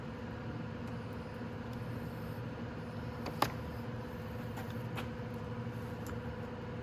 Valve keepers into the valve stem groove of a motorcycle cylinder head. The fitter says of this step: There, they're both down inside there. You see how it clicked down?